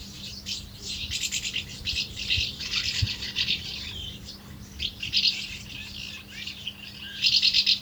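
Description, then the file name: House martin twittering: dense, dry, high chirps in overlapping bursts, with a few louder outbursts near the end. "molnárfecske-hangja"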